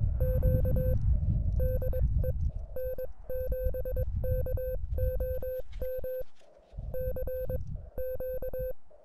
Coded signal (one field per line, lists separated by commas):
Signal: Morse code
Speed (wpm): 22 wpm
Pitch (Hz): 510 Hz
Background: music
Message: Q DE N7KOM C Q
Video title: Granite Mountain Idaho SOTA | Summits on the Air |